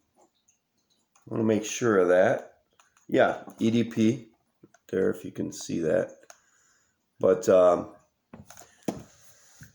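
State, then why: Seated. A cap is pressed onto a Lalique Pour Homme EDP perfume bottle while someone talks. A short, sharp click at 8.9 s marks the cap seating into place on the bottle.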